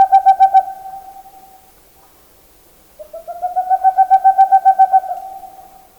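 Boreal Owl song: the tail of one fast hooting run, a short pause, then another rapid series of hollow hoots rising and fading.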